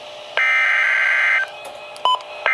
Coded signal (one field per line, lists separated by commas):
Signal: Emergency Alert System (SAME) tones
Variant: header bursts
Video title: 12-26-12: [EAS #704] High Wind Warning for Coastal NJ